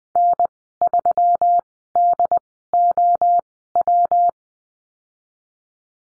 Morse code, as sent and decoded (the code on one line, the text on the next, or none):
-. / ...-- / -.. / --- / .--
N 3 D O W